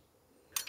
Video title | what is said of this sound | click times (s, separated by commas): Very Few Stoves Can Do This - Snow Peak Home and Camp Burner Stove Review | the stove turns around and locks into place | 0.6 s